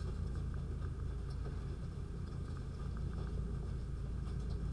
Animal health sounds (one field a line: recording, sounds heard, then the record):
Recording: poultry house recording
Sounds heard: sick chickens (respiratory disease)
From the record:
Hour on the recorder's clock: 20